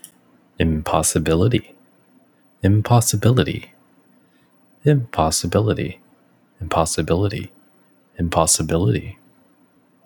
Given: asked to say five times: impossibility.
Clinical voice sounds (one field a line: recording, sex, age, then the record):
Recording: repeated word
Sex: male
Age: 20 to 29 years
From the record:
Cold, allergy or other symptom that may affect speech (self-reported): no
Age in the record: 24 years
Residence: Texas, United States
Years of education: 14